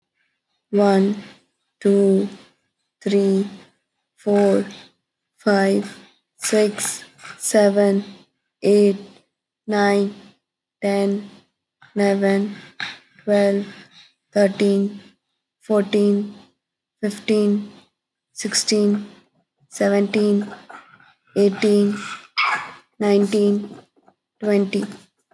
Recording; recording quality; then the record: counting at a normal pace; excellent, no background noise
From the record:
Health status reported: exposed to COVID-19, no respiratory illness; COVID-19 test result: not tested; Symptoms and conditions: cold, muscle pain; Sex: female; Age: 21 years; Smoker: not ticked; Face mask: not worn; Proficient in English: yes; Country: India